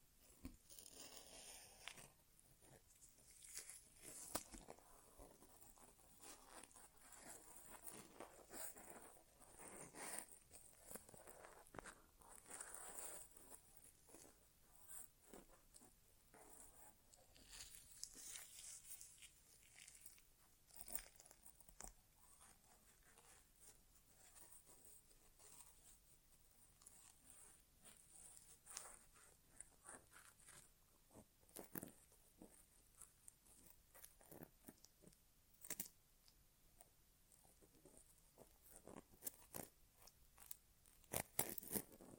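An ASMR inner ear exam with no talking: steady soft crackling and rustling, with frequent brief crisp clicks and scratches throughout.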